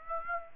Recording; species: mosquito wingbeat signal from an infrared sensor; Aedes aegypti